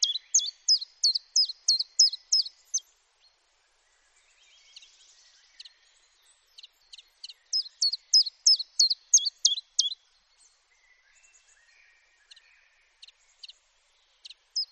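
Common chiffchaff song: high two-pitched notes repeated about three per second in two bursts, with a pause between and a few scattered notes after.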